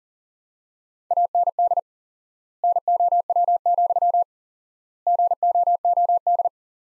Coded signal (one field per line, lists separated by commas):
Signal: Morse code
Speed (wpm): 40 wpm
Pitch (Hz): 700 Hz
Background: none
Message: AND NOW, GOOD